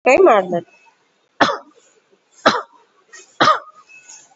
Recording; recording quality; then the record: shallow voluntary cough; moderate, slight background noise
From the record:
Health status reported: COVID-19 positive, moderate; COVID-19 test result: positive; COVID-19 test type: RT-PCR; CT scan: taken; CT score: 20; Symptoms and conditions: cough, breathing difficulty, fever, fatigue, pneumonia, diabetes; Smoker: no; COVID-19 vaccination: none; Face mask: worn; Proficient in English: yes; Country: India